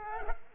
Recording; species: mosquito wingbeat signal from an infrared sensor; Culex pipiens